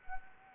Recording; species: mosquito wingbeat signal from an infrared sensor; Anopheles arabiensis